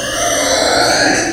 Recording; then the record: squeal of a Yucatan mini pig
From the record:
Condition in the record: before surgery on the right vocal fold (resection and tissue-engineered implant); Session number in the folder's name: 3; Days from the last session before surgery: 0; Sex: female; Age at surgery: 19 weeks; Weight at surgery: 25 kg